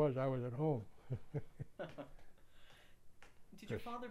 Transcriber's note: chuckles